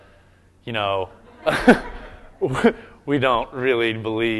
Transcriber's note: laughter